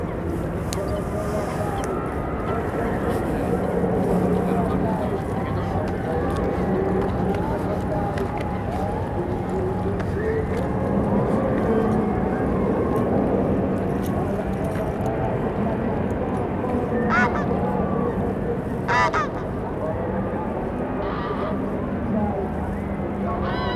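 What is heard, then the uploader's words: A busy funfair heard from a distance across water, a dense, steady wash of many voices and crowd murmur with low rumbling underneath. Brief brighter calls or shouts stand out around seventeen and nineteen seconds, while the overall level stays constant throughout. City park funfair. Captured early in the early evening in a city centre park. Across the lake, there is a large funfair which is being well attended. Steam is rising from the funfair as the temperature drops and people pack the place.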